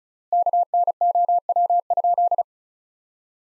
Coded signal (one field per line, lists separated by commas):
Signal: Morse code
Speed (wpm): 36 wpm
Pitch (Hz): 700 Hz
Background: none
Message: KNOW?